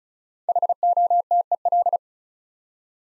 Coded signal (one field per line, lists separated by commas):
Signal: Morse code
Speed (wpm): 36 wpm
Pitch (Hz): 700 Hz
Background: none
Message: HOTEL